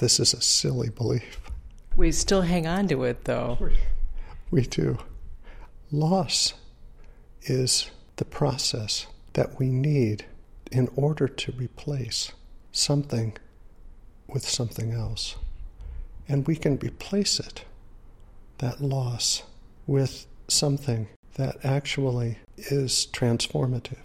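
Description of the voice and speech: Slow adult male speech with long pauses, drawn-out syllables and breathy, weak voicing, fitting dysarthria from ALS. The man is near the end of his life, in a power wheelchair and unable to move on his own, and his body and breath have grown weak, leaving his voice audibly weak.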